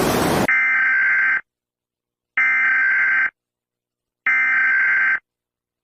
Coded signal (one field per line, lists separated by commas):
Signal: Emergency Alert System (SAME) tones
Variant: header bursts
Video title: EAS Activity: If Halley's Comet impacted Earth (July 28, 2061) #nasa #spacex #halleyscomet #asteroid